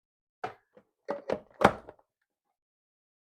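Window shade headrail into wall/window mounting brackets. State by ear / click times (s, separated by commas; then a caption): seated / 1.3 s, 1.7 s. The headrail of a LEVOLOR fabric window shade is angled into the two mounting brackets at the top of the window and snapped in. After a few light knocks and taps, two sharp clicks are heard at 1.3 s and 1.7 s. The shade is seated in both brackets.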